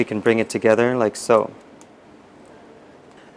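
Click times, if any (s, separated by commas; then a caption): none. Someone talks while bringing the two halves of a bicycle chain quick link (missing link) together through the metal chain ends, leaving it unclosed because it will be closed later with pliers. After the talking stops, a faint tick is heard at about 1.8 s over quiet background. The link has not clicked or seated yet.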